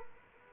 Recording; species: mosquito wingbeat signal from an infrared sensor; Aedes aegypti